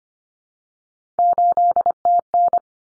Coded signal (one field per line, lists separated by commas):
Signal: Morse code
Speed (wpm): 25 wpm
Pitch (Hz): 700 Hz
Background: none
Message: 8TN